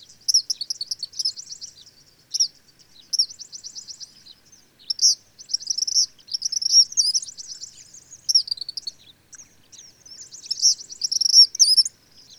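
Bird singing a busy, high twittering song, short bursts of warbles and fast trills following one another almost without pause.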